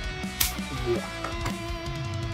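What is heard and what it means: A plastic accessory piece is pressed into its slot on a Sonic & Eggman mobile battle toy playset, snapping into place with a sharp click at 0.4 s over steady guitar-like background music. The piece is seated.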